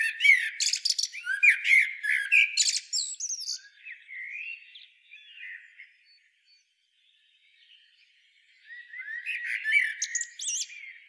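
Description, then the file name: Common blackbird twittering: a dense burst of sharp squeaky notes and whistled slurs, then a quiet gap of several seconds before another high twittering burst near the end. "Turdus merula"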